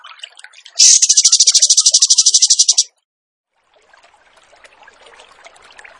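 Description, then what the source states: Bird song: a loud two-second trill of rapid, evenly repeated high notes, with faint scattered chirps before and after. Training recording (masteran) of a bird singing in the tembakan gacor style.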